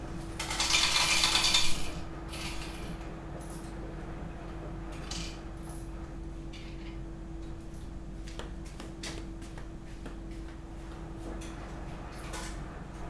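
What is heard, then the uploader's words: A laundromat in Osaka: a steady low machine hum runs throughout with a constant tone above it. Near the start a bright, rattling burst lasts about two seconds, like coins dropping, then scattered clicks and small clinks follow every second or so. Laundromat Osaka.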